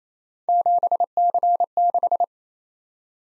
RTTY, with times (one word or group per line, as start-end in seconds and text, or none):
none